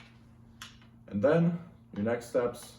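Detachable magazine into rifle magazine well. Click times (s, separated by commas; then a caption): 0.6 s. A detachable magazine is pushed back into the magazine well of a Benelli Argo E Pro rifle, and a single sharp click at 0.6 s signals that it has seated home. Someone then talks.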